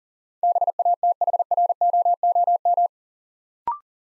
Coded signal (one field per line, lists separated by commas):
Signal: Morse code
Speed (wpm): 43 wpm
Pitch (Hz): 700 Hz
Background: none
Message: BATHROOM